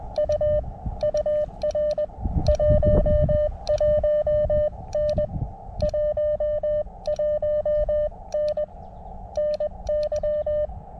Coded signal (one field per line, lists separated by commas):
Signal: Morse code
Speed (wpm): 20 wpm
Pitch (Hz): 590 Hz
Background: none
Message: U UR 11N 11N NY